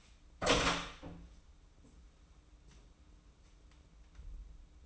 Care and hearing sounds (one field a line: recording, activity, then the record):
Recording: daily activity, microphone in the room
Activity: open door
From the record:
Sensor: 1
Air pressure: 994.4 hPa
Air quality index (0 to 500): 214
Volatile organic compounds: 1000 ppm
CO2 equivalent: 7695 ppm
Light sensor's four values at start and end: 82/182/82/88 and 81/180/81/87